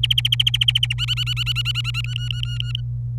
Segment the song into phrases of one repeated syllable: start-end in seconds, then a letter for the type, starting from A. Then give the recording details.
0.03-0.94 A, 0.98-2.01 B, 2.04-2.81 C. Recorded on 26 April 2018 at 10:52. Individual llb3